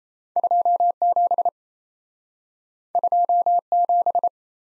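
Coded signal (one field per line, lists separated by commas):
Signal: Morse code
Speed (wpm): 38 wpm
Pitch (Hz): 700 Hz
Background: none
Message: 2 7 2 7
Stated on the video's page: Speed-Racing Morse practice of two letter-number combinations, starting at 1.5 times the 28 wpm base speed, slowing down, with a final repeat at maximum speed.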